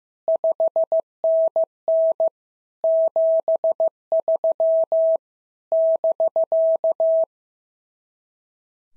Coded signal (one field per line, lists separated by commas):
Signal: Morse code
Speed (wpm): 14 wpm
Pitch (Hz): 650 Hz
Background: none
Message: 5NN 73 <BK>